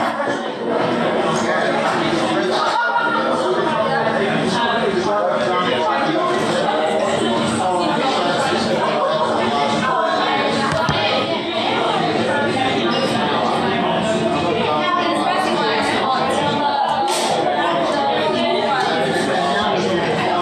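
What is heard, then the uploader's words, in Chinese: Background sound inside a Vietnamese restaurant: many overlapping voices talk at once in a steady, dense murmur. Occasional clinks and brief sharper clatters rise above the chatter, and a faint low hum runs underneath throughout. 在當地一個越南飯店的背景音。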